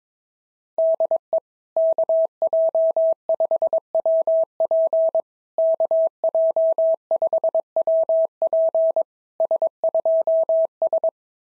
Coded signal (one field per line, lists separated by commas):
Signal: Morse code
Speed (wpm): 19 wpm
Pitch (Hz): 650 Hz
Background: none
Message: DE KJ5WP KJ5WP S2S